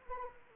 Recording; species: mosquito wingbeat signal from an infrared sensor; Anopheles arabiensis